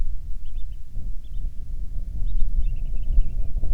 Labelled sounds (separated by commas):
songbird, wind